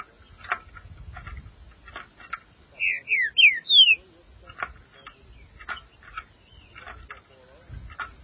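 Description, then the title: Green-winged saltator whistling a short phrase of several sliding notes amid steady background noise and repeated sharp chip-like sounds. "Trinca Ferro"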